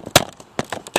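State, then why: Seated. The heavy plastic brick cover piece of a Lego Twilight spaceship model, which is hard to get in, is pressed into the model's hull and gives a sharp plastic snap at 0.2 s. Several quieter clicks and knocks follow, and the cover piece is locked in place.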